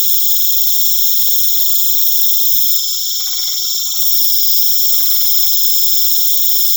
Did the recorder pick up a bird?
no